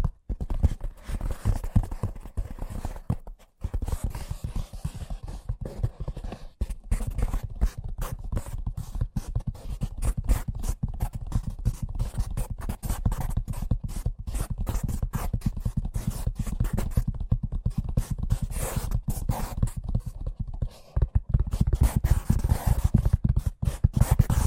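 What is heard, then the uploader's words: Fast tapping runs almost without pause for the whole stretch, dense and mostly low and thuddy, with brief gaps near 3 and 21 seconds. ASMR Braingasm Inducing Fast Tapping (No Talking).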